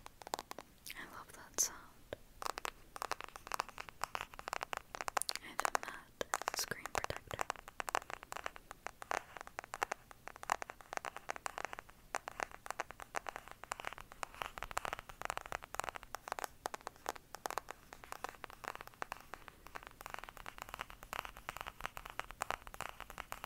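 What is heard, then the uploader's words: Dense tapping and scratching runs steadily throughout, a quick irregular patter of bright, dry clicks and rasps. ASMR Black Triggers For Sleep (tapping & scratching).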